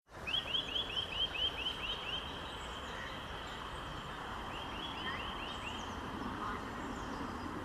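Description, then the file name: Eurasian nuthatch giving a quick series of clear, arched piping notes, then a second shorter burst; steady background hiss throughout. "Sitta europaea"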